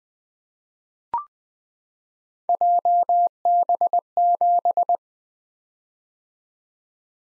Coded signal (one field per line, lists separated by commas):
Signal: Morse code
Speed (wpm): 20 wpm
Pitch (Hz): 700 Hz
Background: none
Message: JB7